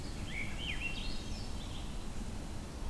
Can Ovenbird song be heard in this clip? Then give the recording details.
no. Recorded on 23 June 2016 at 06:47. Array SBT-6-76